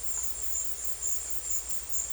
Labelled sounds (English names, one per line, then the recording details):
none
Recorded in dense forest near Puerto Asís, Putumayo, Colombia, on 22 December 2024 at 13:30
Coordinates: 0.482, -76.320
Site G021